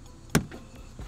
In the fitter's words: There you go, you hear it click.